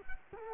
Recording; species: mosquito wingbeat signal from an infrared sensor; Culex quinquefasciatus